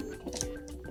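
The plastic cover over the clean and dirty water tanks on a Dreame X40 Ultra robot vacuum's docking station is closed from above and pushed down. It clicks shut with a sharp snap at 0.4 s, against a low steady hum with a few softer knocks after. The cover is seated.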